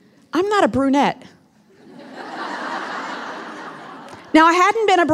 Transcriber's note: laughter